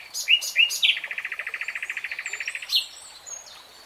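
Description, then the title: Nightingale song: a few sharp rising notes, then a long fast rattle of even repeated notes, ending in a bright flourish. "[Tiếng chim hót] REALTIME Nightingale Singing"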